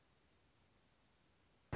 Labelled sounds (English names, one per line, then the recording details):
Anna's Hummingbird
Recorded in Sonoma County, California